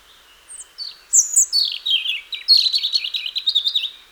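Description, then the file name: European robin singing a phrase that opens with sharp high notes and flows into a fast, sweet, jangling warble that falls and wavers. "Erithacus rubecula"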